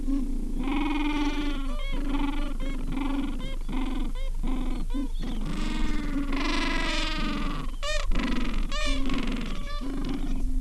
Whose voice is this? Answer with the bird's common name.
Gentoo Penguin